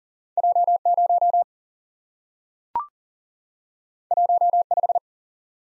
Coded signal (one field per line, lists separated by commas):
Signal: Morse code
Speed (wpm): 38 wpm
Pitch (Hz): 700 Hz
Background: none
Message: J 0 1 5